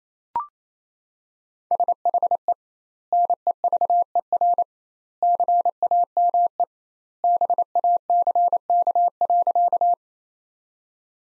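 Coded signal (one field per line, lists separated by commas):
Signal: Morse code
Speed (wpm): 28 wpm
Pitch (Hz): 700 Hz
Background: none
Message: SHE NEVER CAME BACK.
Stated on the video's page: Sentences from the top 300 words at 28 wpm with 2x standard word spacing, a Farnsworth-like practice drill.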